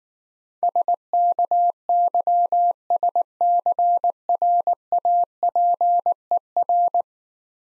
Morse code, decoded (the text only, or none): SKYSCRAPER